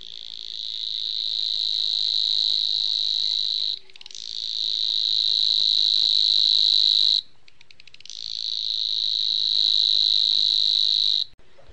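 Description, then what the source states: Savi's Warbler reeling song, a rapid, steady, high buzzing trill sustained in three long stretches separated by short breaks. Strange insect-like voice gives the bird its name; lives hidden in reedbeds; winters south of the Sahara.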